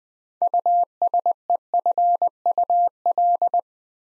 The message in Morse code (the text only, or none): USEFUL